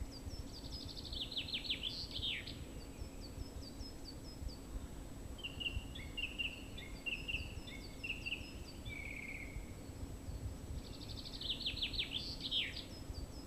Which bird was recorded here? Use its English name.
Song Thrush